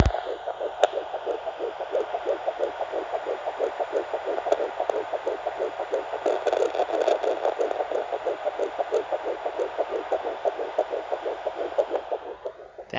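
A rapid, rhythmic heartbeat, about 180 beats per minute.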